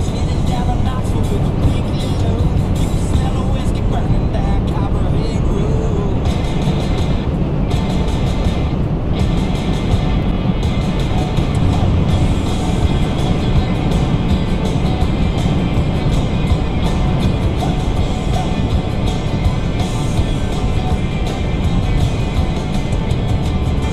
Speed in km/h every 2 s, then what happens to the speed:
155, 156, 156, 156, 158, 158, 158, 153, 150, 148, 148, 148.
0-13 steady at about 156. 13-24 slows to 148.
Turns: none.